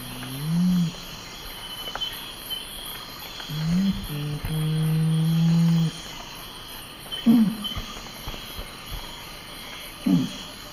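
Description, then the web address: Nocturnal curassow song: deep, low booming hoots, a short note, then a long sustained hum from about four to six seconds, followed by brief low hoots; faint insect hiss. Recorded in the eastern lowlands of South America. "Natures Songs S America Eastern Lowlands Nothocrax urumutum, song"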